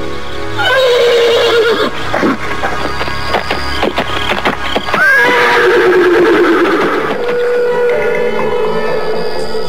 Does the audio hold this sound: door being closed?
no